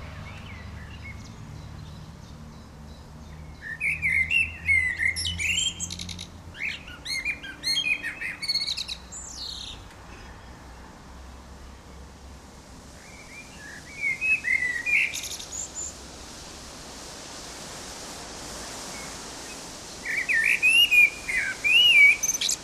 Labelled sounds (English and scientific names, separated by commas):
Common Blackbird (Turdus merula) song